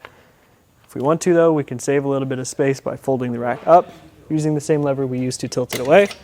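A man talks while the folding platform of a Swagman Chinook 2-bike hitch rack on a 2022 Toyota Tacoma is being folded up toward its upright stowed position with the same tilt lever, to save space. The clip ends before the metal latch locks, and nothing has seated or clicked yet.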